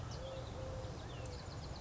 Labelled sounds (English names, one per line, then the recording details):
Eurasian Collared Dove
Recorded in Sonoma County, California